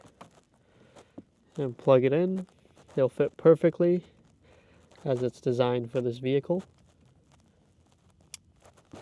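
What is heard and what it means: A plastic wiring-harness connector for the Ram Mopar power running boards (power steps) is pushed into its mating vehicle wiring plug while someone talks. Quiet handling noises are followed by a sharp, loud click at 8.3 s as the connector seats.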